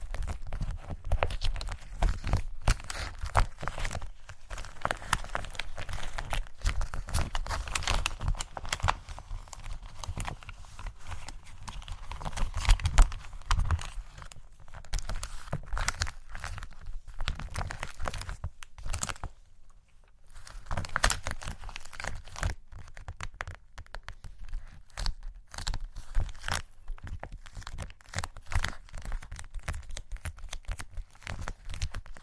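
Brushing and tapping against a mic, a dense run of scratchy rubs and crinkly, crunching touches with frequent sharp taps. Thumps and low rumbles come and go throughout, and the sound drops to near silence briefly around twenty seconds before the rubbing resumes.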